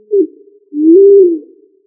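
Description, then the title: Pigeon coo: a short dipping note followed by a longer, soft, deep coo that swells upward and then fades down. "Familia Columbidae Pomba"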